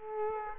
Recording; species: mosquito wingbeat signal from an infrared sensor; Culex quinquefasciatus